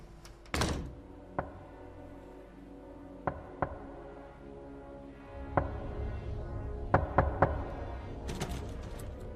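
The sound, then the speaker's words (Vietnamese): Sharp knocks on a door at night come at irregular intervals, growing louder, mostly single raps with a quick burst of three near the end, over a low steady rumble with no talking. “Tiếng gõ cửa vang vọng trong đêm làm cho hắn cũng chẳng thể nào mà ngủ nổi.”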